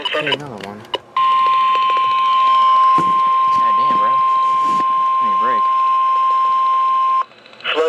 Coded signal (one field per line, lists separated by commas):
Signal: Emergency Alert System (SAME) tones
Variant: 1050 Hz attention tone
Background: speech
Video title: Moderate Flash Flood Risk.. Four Days of EAS Alerts from July 8th-11th, 2023 (EAS #348-381)